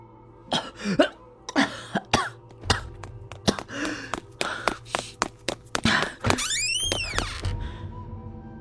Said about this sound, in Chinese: 玉姐听到响声跑进来，一见夏侯恋脸色清白，在那里干呕，大喊大叫地跑了出去。